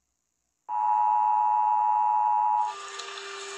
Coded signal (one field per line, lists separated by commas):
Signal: Emergency Alert System (SAME) tones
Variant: 853 and 960 Hz attention tone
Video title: Rating EAS alarms Part 7!